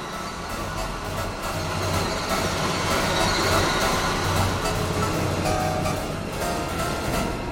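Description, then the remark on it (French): An RER B commuter train rolls steadily along the rails, a dense, continuous rumble with low droning hum and faint rattling, holding even loudness throughout with no voices. “Depuis une dizaine d'années, les trains du RER portent, selon leur destination, des petits noms de 4 lettres.”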